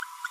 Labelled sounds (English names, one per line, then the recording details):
Green-rumped Parrotlet babbling
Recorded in a nest box in Venezuela
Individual 18B25A4